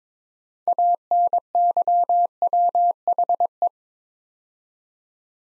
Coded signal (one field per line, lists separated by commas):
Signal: Morse code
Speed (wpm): 22 wpm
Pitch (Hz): 700 Hz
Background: none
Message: ANYWHE